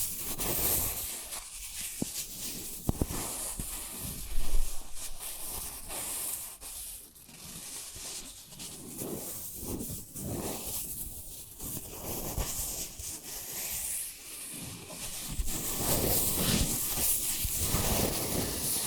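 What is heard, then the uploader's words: An eardrum massage of soft, continuous rubbing and brushing with crackly, hissy textures, steady throughout, with a few sharper taps near three and four seconds. ASMR Intimate Eardrum Massage.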